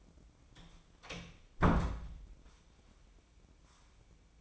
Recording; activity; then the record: daily activity, microphone in the room; close door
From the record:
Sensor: 1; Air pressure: 1012.4 hPa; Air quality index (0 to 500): 166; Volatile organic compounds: 3 ppm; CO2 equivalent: 1362 ppm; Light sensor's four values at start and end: 585/1377/607/732 and 587/1383/609/735